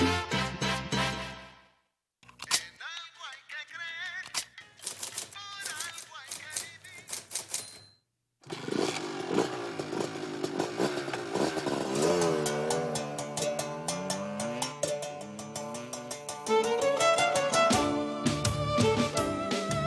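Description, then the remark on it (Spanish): A motorcycle engine revs loudly, its buzzy pitch climbing and falling in repeated surges, with rapid rattling pulses running through the roar. “Alerta que al que va en motocicleta, ningún carro lo respeta, y autobús mejor ni hablar.”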